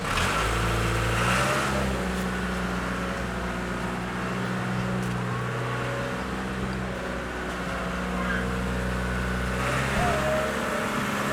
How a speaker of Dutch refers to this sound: Ja, zo vertrekt de Swoeiers Garage met... Ja, met een trekker met allemaal aanhangers, met lichtbaren.